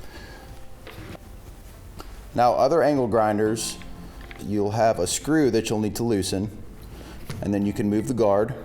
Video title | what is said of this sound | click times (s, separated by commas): Can Chainsaw Blades ACTUALLY Be Used Safely? | it'll click into place. | 2.0 s